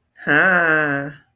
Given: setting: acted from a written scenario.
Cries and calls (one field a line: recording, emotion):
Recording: vocal sound without words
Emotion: desire